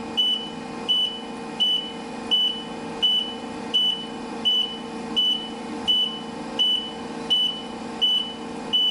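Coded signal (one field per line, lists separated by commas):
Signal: alarm pattern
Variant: vehicle reversing beeper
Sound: steady high beeps repeating about every 0.7 seconds, roughly 13 in the clip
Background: truck engine rumble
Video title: Reversing Truck beep, Sound Effect, reverse beeper, vehicle back up alarm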